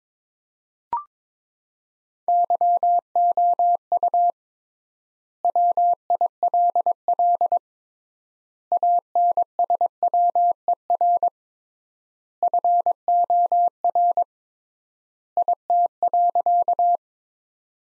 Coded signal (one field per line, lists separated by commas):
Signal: Morse code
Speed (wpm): 21 wpm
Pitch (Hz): 700 Hz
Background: none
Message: YOU WILL ANSWER FOR IT.